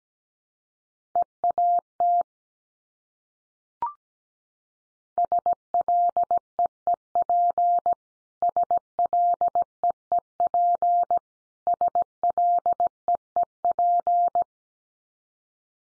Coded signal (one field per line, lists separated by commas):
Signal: Morse code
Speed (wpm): 17 wpm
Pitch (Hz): 700 Hz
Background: none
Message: EAT SLEEP SLEEP SLEEP